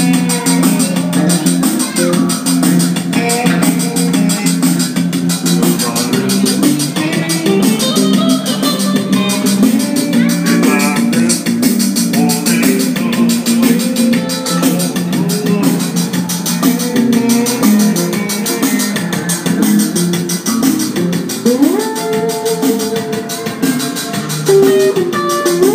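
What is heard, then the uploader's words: Busking in a subway station: a dense, steady wash of sound with sustained low-mid tones that shift and glide, like a melodic instrument playing over a crowded space. The level stays loud and even throughout, with a bright hiss of station noise and a faint hint of voices underneath. Some pretty awesome subway busking at 14th street.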